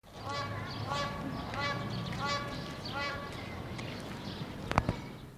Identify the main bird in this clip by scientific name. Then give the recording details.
Balearica pavonina. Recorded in captivity. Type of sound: call sequence. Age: adult. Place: Zoo Halle, Sachsen-Anhalt, DE. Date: 1987-04-11 10:45. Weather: fair, 7-10°C. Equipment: Nagra SN, Kopie Tesla B 116. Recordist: Tembrock, Günter. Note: Dunkler Kronenkranich: Rufreihen